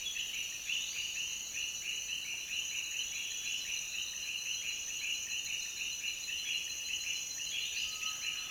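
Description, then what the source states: Dense chorus of frogs giving rapid pulsed notes without pause, a few higher rising calls mixed in, over a steady shrill background drone. Frog chorus recorded in Peru.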